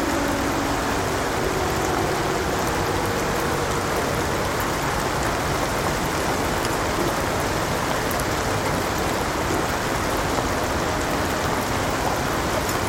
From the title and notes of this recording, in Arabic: قارب بيتي هادئ ومريح مرسى في قنوات أوترخت الساحرة، حيث يخلق خرير المطر الصيفي الناعم جوًا من الأصوات المريحة بتقنية ASMR. تناغم خفيف المطر مع سطح الماء يتمازج مع الحياة الهادئة للمدينة. رقص المطر الناعم على القارب البيتي والممر المائي القريب مع دقات المدينة البعيدة.